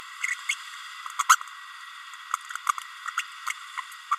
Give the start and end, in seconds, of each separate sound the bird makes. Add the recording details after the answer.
0.22-0.34, 0.48-0.54, 1.18-1.24, 1.29-1.36, 3.17-3.22, 3.50-3.52, 3.77-3.80, 4.11-4.16. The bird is a female. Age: 30 days. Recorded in a nest box in Venezuela. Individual 17B32A7